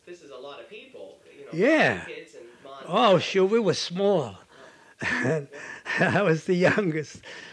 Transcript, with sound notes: This is a lot of people, you know, kids and...
Yeah! Oh, shoot, we were small. (He laughs) I was the youngest.